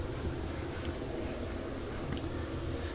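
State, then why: Not seated. A greased push-fit plumbing coupling is pushed into the connection of a grey water tank while steady low rumbling noise continues throughout, with no sharp transient. No click is heard, and nothing has seated or clicked yet in this clip.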